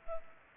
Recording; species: mosquito wingbeat signal from an infrared sensor; Culex pipiens